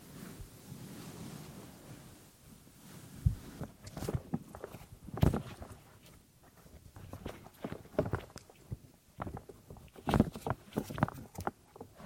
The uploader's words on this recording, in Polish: CZYSZCZENIA USZU ASMR po polsku.